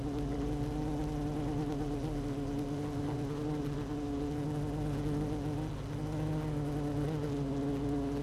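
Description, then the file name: Honey bee colony drone, a continuous buzzy hum with several wavering overtones that shift slightly in pitch, steady throughout. Queen bee in hive 1, recorded 12 June 2018 at 16:30. "Hive 1 12 06 2018 Queen Bee H 1 audio 16 30 00"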